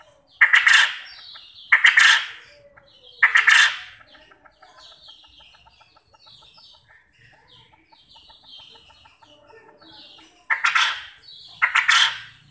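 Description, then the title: Quail calling: three harsh stuttered bursts, a gap filled with faint twittering, then two more bursts. Quail call used as a lure to make quail answer and call actively. "Burung Puyuh Mana Yang Tidak Nyaut Dan Gacor Dengan Pancingan Ini"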